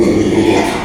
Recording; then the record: squeal of a Yucatan mini pig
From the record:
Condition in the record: after surgery on the right vocal fold (resection and tissue-engineered implant); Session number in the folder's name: 2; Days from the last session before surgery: 13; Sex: male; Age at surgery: 12 weeks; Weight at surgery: 13 kg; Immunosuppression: cyclosporine, prednisolone